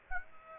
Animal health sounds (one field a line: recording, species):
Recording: mosquito wingbeat signal from an infrared sensor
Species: Aedes aegypti